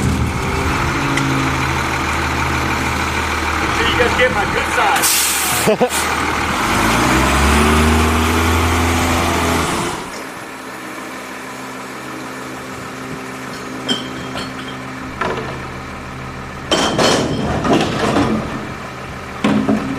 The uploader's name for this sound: Garbage Trucks